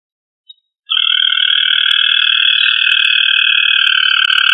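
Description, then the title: Rail call, one long steady trill held for several seconds on two buzzy tones, with faint clicks in the background. "Familia Rallidae"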